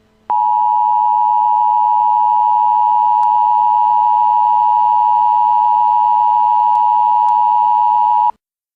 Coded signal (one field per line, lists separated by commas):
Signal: Emergency Alert System (SAME) tones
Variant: 853 and 960 Hz attention tone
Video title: EAS in Movies: "Red Dawn"